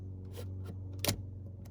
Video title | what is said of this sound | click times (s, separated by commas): HOW TO REPLACE OR UPGRADE A BLACKVUE DASHCAM | slide it in until it clicks there you go watch that click | 1.1 s